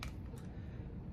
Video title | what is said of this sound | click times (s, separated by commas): Introducing the Lensbaby Soft Focus II for Mirrorless and DSLR Cameras! | a body i use the composer pro two and it just pops right in there and you give it a twist | 0.0 s